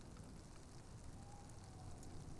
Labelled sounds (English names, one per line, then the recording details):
Tawny Owl
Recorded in Germany
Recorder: ecoPi